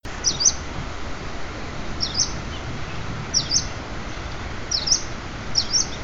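Bird giving five short, high chirps at irregular intervals over a steady background hiss.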